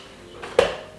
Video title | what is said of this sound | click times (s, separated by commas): Nespresso ® Directions for use & Making Costa Coffee | Yeah, make sure you hear that positive click, and then that is definitely | 0.6 s